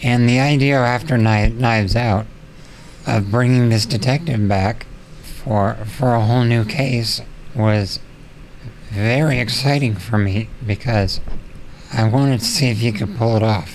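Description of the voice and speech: Adult male speech in short bursts with regular pauses mid-phrase, timed to ventilator breaths through a speaking valve. The man is on a ventilator, cannot move his arms and legs, and has been in hospital for four months; the valve lets him talk, but only slowly and only on the inhale.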